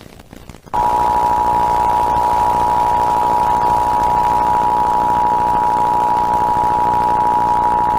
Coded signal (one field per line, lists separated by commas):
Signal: Emergency Alert System (SAME) tones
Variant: 853 and 960 Hz attention tone